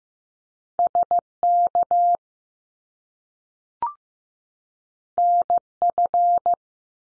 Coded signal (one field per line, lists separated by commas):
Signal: Morse code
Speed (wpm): 15 wpm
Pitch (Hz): 700 Hz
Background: none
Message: S KN F